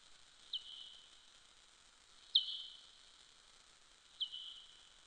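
Soprano pipistrelle calls: three brief high chirps, each sweeping sharply down into a short fading tail, spaced nearly two seconds apart over a steady background hiss.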